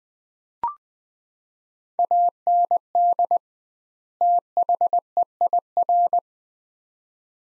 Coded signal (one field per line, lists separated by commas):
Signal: Morse code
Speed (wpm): 20 wpm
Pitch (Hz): 700 Hz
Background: none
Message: AND THEIR